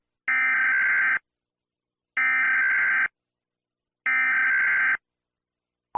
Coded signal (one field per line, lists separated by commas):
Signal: Emergency Alert System (SAME) tones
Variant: header bursts